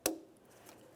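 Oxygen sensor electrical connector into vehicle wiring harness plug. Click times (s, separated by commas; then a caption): 0.1 s. The plastic electrical connector of an upstream oxygen sensor on a 2012–2018 Nissan Altima is pressed into its vehicle wiring harness plug. It gives one sharp click at 0.1 s, followed by faint ticks. The connector is seated, and it is then tugged to check that it is secure.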